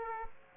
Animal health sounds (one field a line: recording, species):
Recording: mosquito wingbeat signal from an infrared sensor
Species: Aedes aegypti